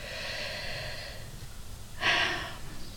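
A long, noisy breath is followed by a short snorting burst from a 17-year-old dog fast asleep in the room, typical of snoring.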